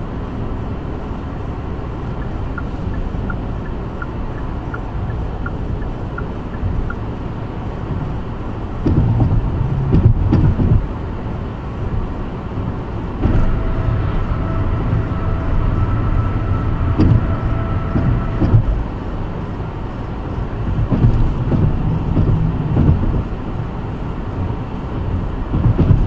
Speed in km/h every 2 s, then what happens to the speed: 85, 87, 87, 87, 85, 85, 87, 87, 87, 90, 90, 90, 90.
0-26 steady at about 87.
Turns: none.